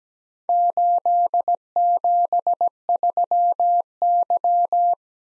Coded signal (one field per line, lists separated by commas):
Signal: Morse code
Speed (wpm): 17 wpm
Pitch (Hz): 700 Hz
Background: none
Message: 873Y